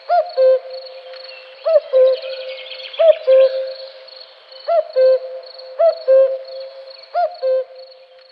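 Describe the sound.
Cuckoo calling a clear two-note falling cu-coo six times, over a steady high insect-like hiss.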